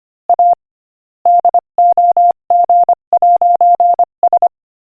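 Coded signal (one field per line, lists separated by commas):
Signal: Morse code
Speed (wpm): 25 wpm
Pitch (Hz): 700 Hz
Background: none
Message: A DOG'S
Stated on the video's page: Morse code practice sent at 25 wpm.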